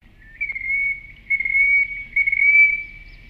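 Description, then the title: Terek Sandpiper call: three drawn-out, clear whistles at a steady high pitch, with short gaps between them. "Viikon luontoääni: Rantakurvi"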